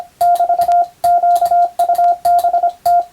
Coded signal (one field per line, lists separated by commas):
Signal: Morse code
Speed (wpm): 25 wpm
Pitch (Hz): 700 Hz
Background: radio noise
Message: <BT> QUBT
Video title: 2022年令和4年最後の日にモールスを聞いて短波通信ＢＣＬが全盛だった時代を思い出そう！スマホ時代の今でも行われているモールス電気通信術の国家試験の練習風景です。morse code parctice